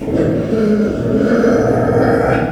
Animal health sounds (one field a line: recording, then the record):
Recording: squeal of a Yucatan mini pig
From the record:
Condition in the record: after surgery on the right vocal fold (resection and tissue-engineered implant)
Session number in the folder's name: 3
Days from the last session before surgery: 21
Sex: female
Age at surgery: 19 weeks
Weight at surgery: 25 kg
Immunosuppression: prednisolone